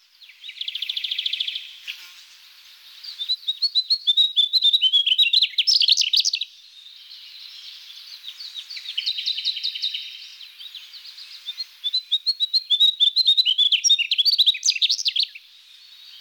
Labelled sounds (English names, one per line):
Mugimaki Flycatcher song